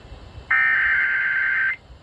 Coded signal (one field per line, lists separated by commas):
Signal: Emergency Alert System (SAME) tones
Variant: header bursts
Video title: My Radios Went Off When I Was Cleaning (EAS Alerts: #257 - 267) - 8/25/21 - 9/7/21